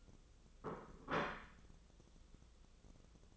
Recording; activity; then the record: daily activity, microphone in the room; place plate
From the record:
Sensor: 4